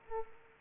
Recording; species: mosquito wingbeat signal from an infrared sensor; Culex pipiens